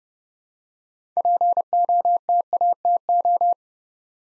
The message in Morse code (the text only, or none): POTATO